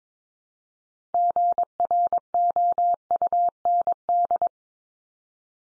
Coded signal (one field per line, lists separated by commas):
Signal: Morse code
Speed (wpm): 22 wpm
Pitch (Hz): 700 Hz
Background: none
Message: GROUND